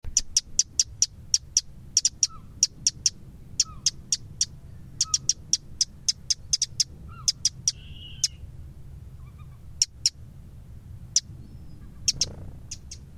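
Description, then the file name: Eurasian wren giving sharp, dry ticking notes repeated two to three times a second, with occasional soft lower whistles and a faint low hum beneath. "Troglodytes troglodytes"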